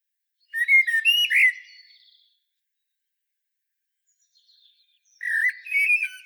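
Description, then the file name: Common blackbird singing two rich warbled phrases of fluty whistles mixed with high scratchy twittering, separated by a pause of about three seconds. "Turdus merula"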